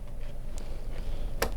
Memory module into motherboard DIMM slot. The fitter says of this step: Click it in. Boom.